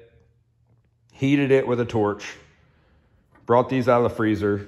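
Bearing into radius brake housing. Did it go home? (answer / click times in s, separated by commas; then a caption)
no / none. Someone talks while handling bearings chilled in a freezer, ready to drop into a steel radius brake housing that has been honed to fit and heated with a torch for a shrink fit. Between stretches of speech there is only quiet background. The clip ends before the bearing goes in, so nothing has seated yet.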